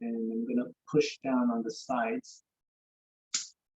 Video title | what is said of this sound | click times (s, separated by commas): RedBar Toronto Presents Watchmaking | you'll hear it pop | 3.3 s